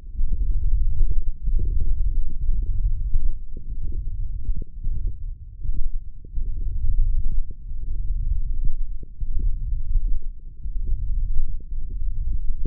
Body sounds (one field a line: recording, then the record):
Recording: forearm muscle sounds (acoustic myography)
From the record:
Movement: tripod grip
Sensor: system 1, eight BSWA MPA416 microphones around the upper forearm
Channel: 5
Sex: female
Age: 22 years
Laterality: right